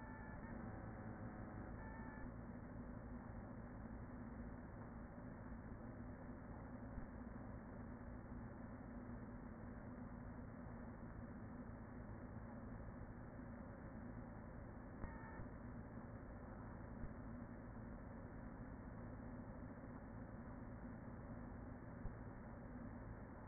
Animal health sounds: honeybee colony, microphone inside the hive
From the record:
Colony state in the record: queen present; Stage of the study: after two queens were removed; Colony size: about 40,000 bees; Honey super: no

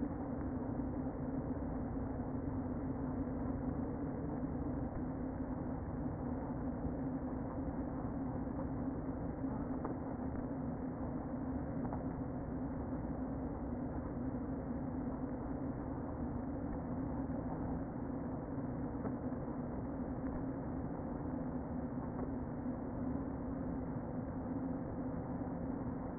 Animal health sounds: honeybee colony, microphone inside the hive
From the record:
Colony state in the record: queen present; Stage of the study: before two queens were removed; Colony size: about 60,000 bees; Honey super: yes

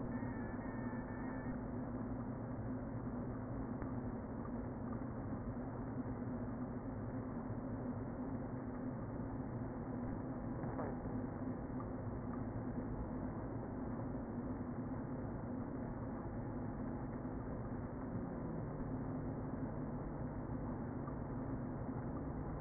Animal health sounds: honeybee colony, microphone inside the hive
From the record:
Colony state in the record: queen present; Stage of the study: before two queens were removed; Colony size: about 60,000 bees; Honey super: yes

